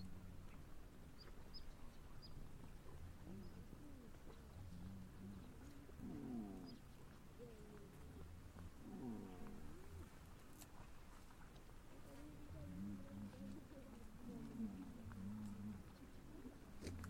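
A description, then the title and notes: A cow moos in low, wavering bursts around six seconds and again near nine, then in a longer drawn-out stretch from about twelve to sixteen seconds. A steady low rumble and buzzing runs underneath throughout, with a few faint high chirps early on. Cow mooing.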